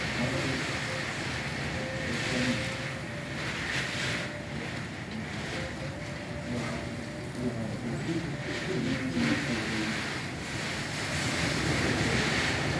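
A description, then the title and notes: A hotel meal ambience: a dense, steady murmur of many voices fills the room at an even level throughout. Brief brighter clinks cut through now and then, around the fourth, ninth and tenth seconds, over a constant low rumble beneath the chatter. Hotel Meal ambience by Super Typhoon 14. We didn't cancel reservations we had for a weekend in Aoshima, Miyazaki. Route Inn ended up being a nice place to be with a typhoon.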